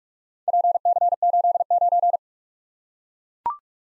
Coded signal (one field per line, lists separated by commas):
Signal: Morse code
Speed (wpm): 44 wpm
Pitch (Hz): 700 Hz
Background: none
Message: PC89